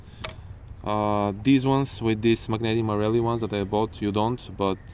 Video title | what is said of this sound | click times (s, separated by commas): Dealing with Oil Leaks & Other Deferred Maintenance Items (Mercedes-Benz G500 W463 Restoration) | the bosch coil wires these actually you hear a noticeable click | 0.2 s